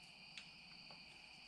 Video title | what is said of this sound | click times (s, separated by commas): 2011 Audi TT Quattro 2.0T // Engine damage PART 18 // TFSI - Progress | nice positive click | 0.4 s